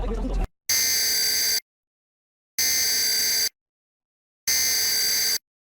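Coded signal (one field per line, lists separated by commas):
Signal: Emergency Alert System (SAME) tones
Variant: header bursts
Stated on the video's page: EAS alerts, all of them tests.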